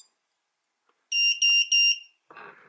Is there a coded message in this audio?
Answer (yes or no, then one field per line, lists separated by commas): no